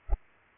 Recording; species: mosquito wingbeat signal from an infrared sensor; Culex pipiens